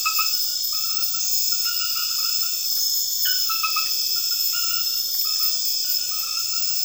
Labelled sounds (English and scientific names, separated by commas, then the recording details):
none
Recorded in dense forest near Puerto Asís, Putumayo, Colombia, on 18 February 2024 at 01:00
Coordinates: 0.496, -76.326
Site G6383